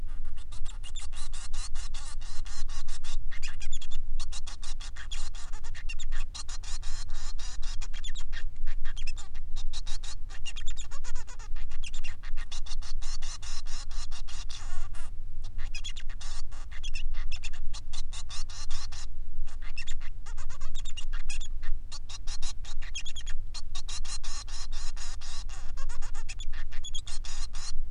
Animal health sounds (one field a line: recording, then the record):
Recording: song of a male Bengalese finch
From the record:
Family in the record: son of father 3